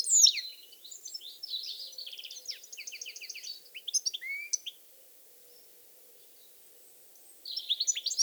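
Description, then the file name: European goldfinch twittering song with a quick rattling trill and a lower slurred note, then a few seconds of quiet before twittering resumes. "Carduelis carduelis"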